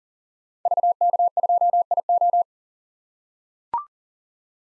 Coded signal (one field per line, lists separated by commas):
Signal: Morse code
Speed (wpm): 40 wpm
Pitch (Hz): 700 Hz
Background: none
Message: VK2IO